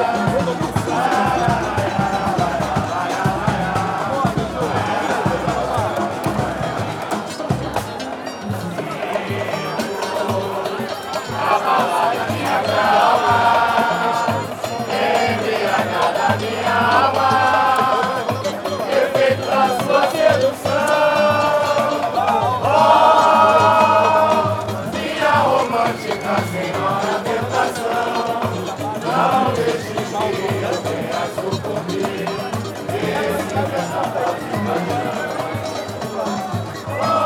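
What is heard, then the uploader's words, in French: An outdoor samba concert with a crowd singing along, dense and steady, voices rising in loud bursts around the middle over constant chatter. Pedra do Sal, Rio (BR). Concert de samba en plein air et la foule qui l'accompagne.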